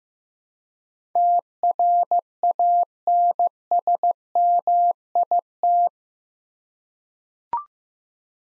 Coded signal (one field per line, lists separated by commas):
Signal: Morse code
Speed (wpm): 15 wpm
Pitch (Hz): 700 Hz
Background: none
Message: TRANSMIT